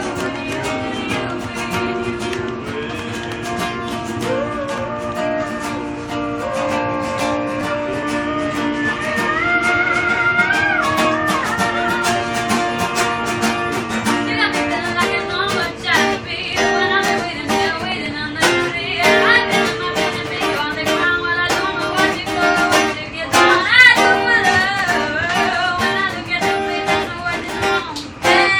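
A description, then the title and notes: Musicians play in a train carriage, a steady run of sustained, wavering melody growing busier and louder after about fifteen seconds. Musicians in the train by roelven.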